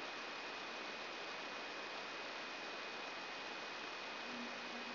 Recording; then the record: brain microelectrode recording played as sound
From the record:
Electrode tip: outside the subthalamic nucleus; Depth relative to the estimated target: 2 mm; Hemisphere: left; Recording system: AlphaMap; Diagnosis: Parkinson's disease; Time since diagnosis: 11 years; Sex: female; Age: 62 years